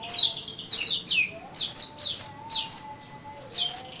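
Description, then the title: Oriental magpie-robin song of sharp, descending whistled notes in quick bursts, with brief pauses between phrases. "Kacer Kacer"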